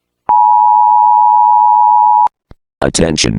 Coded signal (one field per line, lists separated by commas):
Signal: Emergency Alert System (SAME) tones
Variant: 853 and 960 Hz attention tone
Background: speech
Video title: Specimen 58- EAS alert.